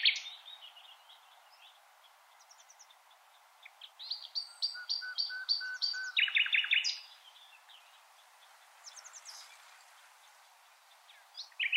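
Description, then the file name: Common nightingale singing a quiet opening, then a steady series of repeated high notes followed by a loud, fast rattling trill, with soft scattered notes afterward. "Luscinia megarhynchos"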